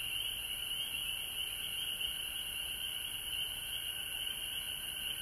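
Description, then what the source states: Frogs calling in a dense, continuous high chorus, a steady trilling drone with no breaks throughout. Recorded at home in Georgia on March 19, 2020.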